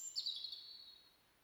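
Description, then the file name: European robin song fragment: one high, thin drawn-out phrase that fades away. "Erithacus rubecula"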